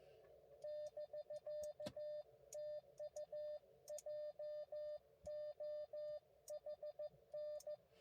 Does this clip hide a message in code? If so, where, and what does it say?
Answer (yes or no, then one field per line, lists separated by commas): yes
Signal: Morse code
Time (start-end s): 0.6-7.8 s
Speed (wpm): 15 wpm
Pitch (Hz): 590 Hz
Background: none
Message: <BK> TU JOHN